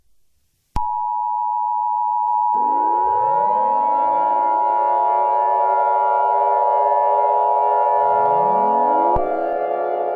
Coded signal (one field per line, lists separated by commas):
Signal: Emergency Alert System (SAME) tones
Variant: 853 and 960 Hz attention tone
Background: music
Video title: EAS Scenario: East Coast Hurricane